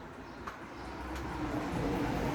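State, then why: Seated. An aluminium side rail of a folding camping table is pushed from the inside outward onto the table frame, and a short sharp click at 0.5 s marks it snapping into place. After the click, a steady low rumble grows louder through the end of the clip. The rail is seated.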